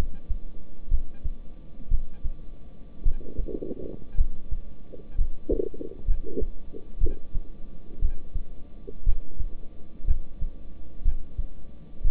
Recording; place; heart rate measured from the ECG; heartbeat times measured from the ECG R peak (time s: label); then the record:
heart sounds by stethoscope; between the tricuspid and mitral areas; 59 bpm
0.89 s: heartbeat
1.89 s: heartbeat
3.03 s: heartbeat
4.15 s: heartbeat
5.16 s: heartbeat
6.05 s: heartbeat
6.99 s: heartbeat
8.00 s: heartbeat
9.04 s: heartbeat
10.05 s: heartbeat
11.03 s: heartbeat
12.02 s: heartbeat
From the record:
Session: rest, lying down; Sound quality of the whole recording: good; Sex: male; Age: 26 years